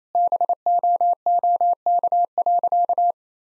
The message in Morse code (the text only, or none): BOOK.